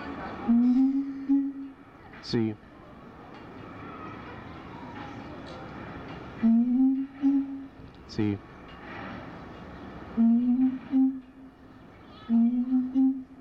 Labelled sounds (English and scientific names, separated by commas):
Siamang (Symphalangus syndactylus)